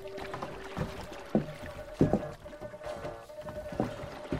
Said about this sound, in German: Sieh mal, das Schiff, mit dem wir heute Morgen angekommen sind. Eine schwarze Kriegsdschunke tauchte aus dem Nebel auf und wurde schnell zur Mündung des Perlflusses gerudert.